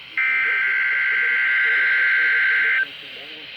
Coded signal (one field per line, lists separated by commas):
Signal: Emergency Alert System (SAME) tones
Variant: header bursts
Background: speech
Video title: KEC80 and KXI89 Required Weekly Test (EAS #117 & #118)